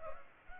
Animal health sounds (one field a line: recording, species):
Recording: mosquito wingbeat signal from an infrared sensor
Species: Culex pipiens